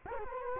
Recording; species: mosquito wingbeat signal from an infrared sensor; Culex quinquefasciatus